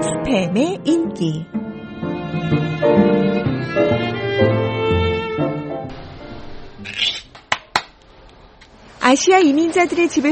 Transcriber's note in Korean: 현장음: 티머시 홍 씨 집